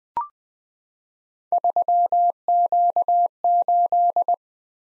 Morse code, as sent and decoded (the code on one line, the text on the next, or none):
...-- --.- ---..
3Q8